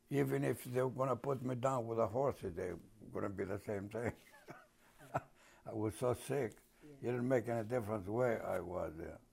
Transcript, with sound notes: Even if they going to put me down with the horses, they going to be the same thing. [Chuckles] I was so sick, it didn't make any difference where I was there.